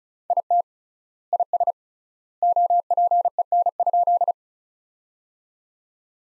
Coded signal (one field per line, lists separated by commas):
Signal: Morse code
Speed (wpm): 34 wpm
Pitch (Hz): 700 Hz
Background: none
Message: IT IS OPEN?